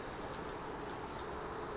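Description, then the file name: European robin producing one high tick followed by a rapid trio of similar sharp notes. "Erithacus rubecula"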